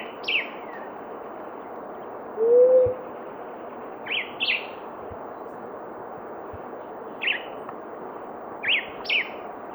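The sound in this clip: Blue-headed quail-dove gives one soft, low, rising coo, with high chirps from another bird scattered around it and a continuous hiss behind.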